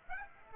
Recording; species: mosquito wingbeat signal from an infrared sensor; Aedes aegypti